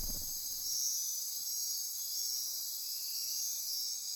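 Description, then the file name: Insect chorus of high steady trills, continuous and dense, with a short low thump right at the start. Insect chorus recorded at midnight near Corcovado. "Wind-is-the-Original-Radio-Fridays Andy-Martin Midnight-Insect-Chorus-Near-Corcovado"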